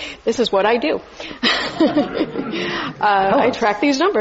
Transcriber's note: laughter